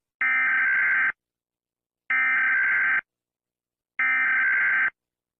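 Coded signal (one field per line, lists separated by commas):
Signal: Emergency Alert System (SAME) tones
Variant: header bursts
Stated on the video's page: Fictional EAS scenario, a simulated alert rather than a real one.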